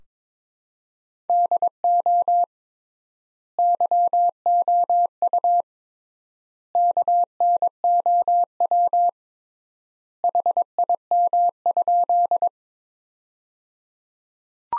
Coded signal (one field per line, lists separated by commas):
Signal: Morse code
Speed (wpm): 22 wpm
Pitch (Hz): 700 Hz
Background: none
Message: DO YOU KNOW HIM?